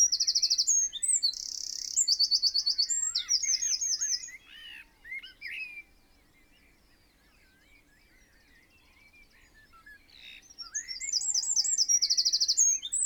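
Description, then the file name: Eurasian wren song: two loud, very fast trilled and rattling bursts, high-pitched, with a quieter stretch of softer, lower chirps between. "Troglodytes troglodytes"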